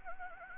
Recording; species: mosquito wingbeat signal from an infrared sensor; Anopheles gambiae